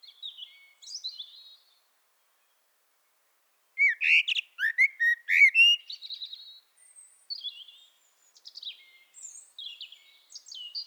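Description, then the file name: Eurasian blackbird song with faint high twitters, then a rich whistled phrase and squeaky flourish, trailing into thin, quiet chittering notes. "Turdus merula"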